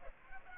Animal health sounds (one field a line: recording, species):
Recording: mosquito wingbeat signal from an infrared sensor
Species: Aedes aegypti